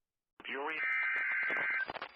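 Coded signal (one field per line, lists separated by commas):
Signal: Emergency Alert System (SAME) tones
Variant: header bursts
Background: speech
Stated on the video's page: Many EAS alerts captured during a severe weather slight-risk day.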